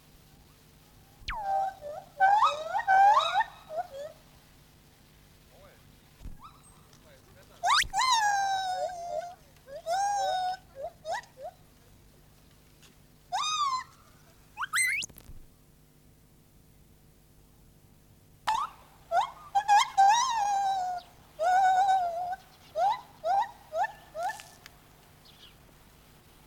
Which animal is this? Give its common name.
Lar Gibbon